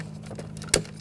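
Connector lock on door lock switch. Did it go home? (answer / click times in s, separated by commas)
yes / 0.7 s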